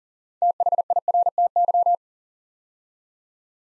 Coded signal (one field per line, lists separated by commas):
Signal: Morse code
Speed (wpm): 37 wpm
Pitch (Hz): 700 Hz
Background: none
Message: THIRTY